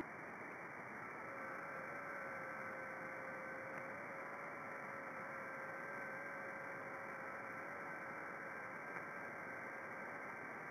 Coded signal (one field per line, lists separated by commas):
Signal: FT8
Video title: 54 DXCC Countries on 10m FT8 29th Oct 2020